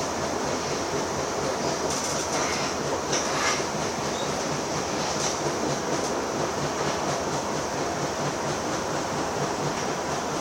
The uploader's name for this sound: Ubahn at Shlump